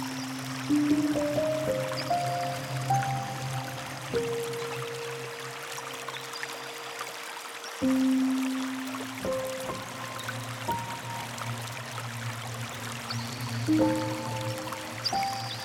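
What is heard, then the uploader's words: A river's steady rushing flows under soft, sustained piano-like notes. Melodic notes step upward in the first few seconds, then new held chords arrive around 4, 8 and 14 seconds over a low, constant drone, while the water's gentle hiss and trickle continue throughout. The music selection features soft instrumental pieces, such as the piano, that complement the natural sound of the river.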